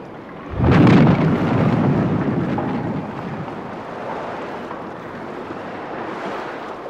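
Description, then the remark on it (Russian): A schooner with a dead engine runs aground on a shoal: a sudden heavy, booming crunch swells into a deep rumble that fades over a couple of seconds, leaving a steady wash of wind and water noise. “Придется выбросить шхуну на отмель. Всем держаться! Сейчас ударит!”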